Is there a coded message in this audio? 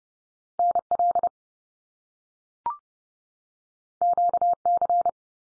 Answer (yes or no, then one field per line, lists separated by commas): yes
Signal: Morse code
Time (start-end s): 0.6-5.1 s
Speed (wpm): 30 wpm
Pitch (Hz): 700 Hz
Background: none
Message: NL QC